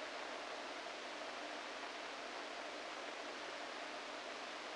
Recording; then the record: brain microelectrode recording played as sound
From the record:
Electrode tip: inside the subthalamic nucleus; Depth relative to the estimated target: -2 mm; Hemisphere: right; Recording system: NeuroSet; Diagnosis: Parkinson's disease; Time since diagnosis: 14 years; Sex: male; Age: 51 years